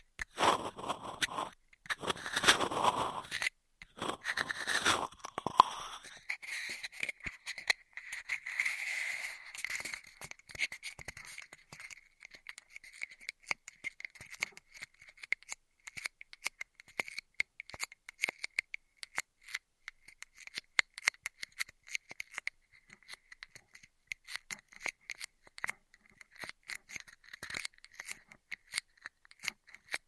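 Intense straw triggers: the first six seconds bring loud, dense bursts of crinkling and rubbing. After that it settles into rapid, sharp clicks and snips that repeat irregularly to the end, over a thin, steady squeaky tone.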